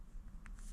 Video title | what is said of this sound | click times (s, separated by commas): Fitting Brakes to a Driver's carriage | And that locks in place. | 0.5 s